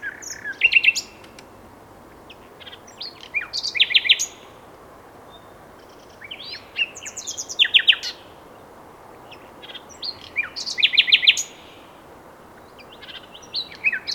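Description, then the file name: Common nightingale singing short varied phrases every few seconds, each a quick cluster of sharp chirps and brief rattles separated by quiet gaps. "Luscinia megarhynchos"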